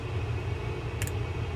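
The spring carrier of the rear drag, with its clips, is pressed up into place during reassembly of a Penn Fierce III 8000 LL baitfeeder spinning fishing reel. A short double click is heard at 1.0 and 1.1 seconds over a steady low background hum. The part seats.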